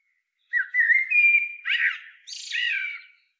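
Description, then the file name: Eurasian blackbird singing one phrase: smooth low fluting that breaks into a burst of high, buzzy, squeaky twittering at the end. "Turdus merula"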